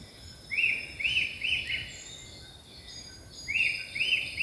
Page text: Attila phoenicurus